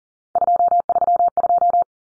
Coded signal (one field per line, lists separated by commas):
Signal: Morse code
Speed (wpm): 40 wpm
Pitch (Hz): 700 Hz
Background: none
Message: 232